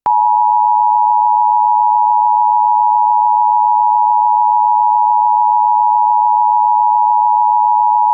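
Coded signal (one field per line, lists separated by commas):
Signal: Emergency Alert System (SAME) tones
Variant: 853 and 960 Hz attention tone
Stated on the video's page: Prank, fake EAS alert simulating a Russian nuclear attack; not a real emergency alert.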